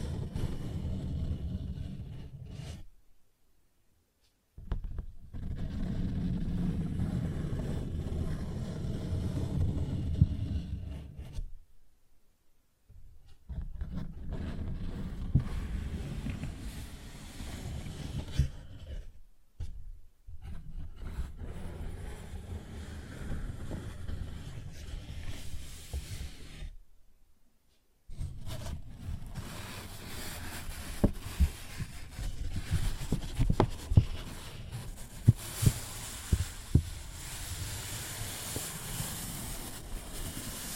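A paper bag is rubbed, scratched and tapped in bursts of dense, crinkly low rustling, broken by short silences near 3, 12, 19 and 27 seconds. After about 28 seconds the scraping turns brighter and rougher, with sharp taps poking out irregularly.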